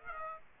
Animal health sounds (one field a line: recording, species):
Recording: mosquito wingbeat signal from an infrared sensor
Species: Aedes aegypti